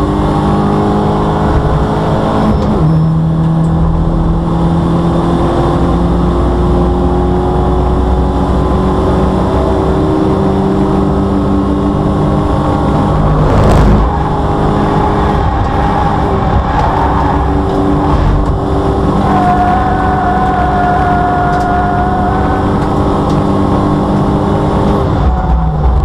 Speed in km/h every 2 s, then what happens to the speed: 111, 118, 124, 132, 137, 140, 145, 147, 140, 140, 142, 143, 145.
0-13 speeds up to 147.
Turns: 11-17.